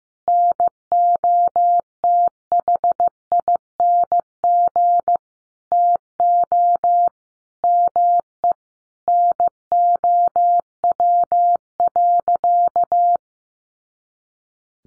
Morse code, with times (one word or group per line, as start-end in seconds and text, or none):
0.3-5.2 NOTHING
5.7-7.1 TO
7.6-8.5 ME
9.1-13.2 NOW.